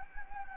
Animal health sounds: mosquito wingbeat signal from an infrared sensor; Anopheles gambiae

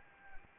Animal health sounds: mosquito wingbeat signal from an infrared sensor; Anopheles arabiensis

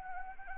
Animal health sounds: mosquito wingbeat signal from an infrared sensor; Anopheles arabiensis

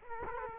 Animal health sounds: mosquito wingbeat signal from an infrared sensor; Culex quinquefasciatus

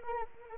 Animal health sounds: mosquito wingbeat signal from an infrared sensor; Anopheles arabiensis

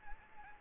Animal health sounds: mosquito wingbeat signal from an infrared sensor; Aedes aegypti

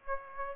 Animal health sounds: mosquito wingbeat signal from an infrared sensor; Aedes aegypti

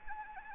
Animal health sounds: mosquito wingbeat signal from an infrared sensor; Anopheles gambiae

